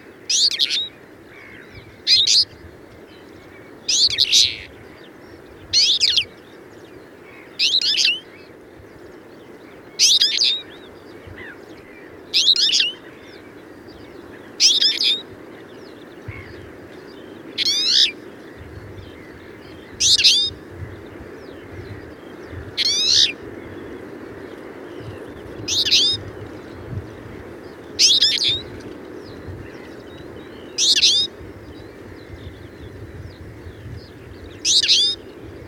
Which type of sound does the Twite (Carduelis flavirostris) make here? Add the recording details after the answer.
song. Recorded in captivity. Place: Trent, Insel Rügen, Mecklenburg-Vorpommern, DE. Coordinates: 54.534, 13.303. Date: 1976-05-09. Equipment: Nagra III BH, Sennheiser MD 21, parabola. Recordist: Schubert, Michael